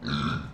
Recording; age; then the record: pig call; growing-finishing pig (85 days or more)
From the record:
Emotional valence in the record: positive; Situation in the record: run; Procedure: transit